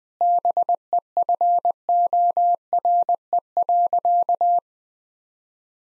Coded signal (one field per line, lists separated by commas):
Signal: Morse code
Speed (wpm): 20 wpm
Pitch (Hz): 700 Hz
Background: none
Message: BEFORE.